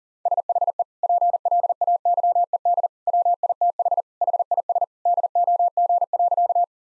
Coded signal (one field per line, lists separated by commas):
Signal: Morse code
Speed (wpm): 40 wpm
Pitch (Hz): 700 Hz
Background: none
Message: SHE PLAYED WITH HIS DOG.